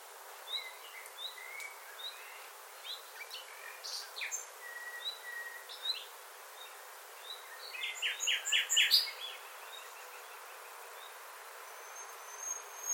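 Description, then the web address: Bird chirps: many short whistled notes at varied pitches, a burst of quick repeated notes near eight seconds, and steady background hiss throughout. "Bird Only"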